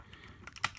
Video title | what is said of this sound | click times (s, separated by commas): Transformers Masterpiece MP-30 Ratchet Review from Takara Tomy, by ringingworm | into place like that snaps into place whatever you whatever | 0.7 s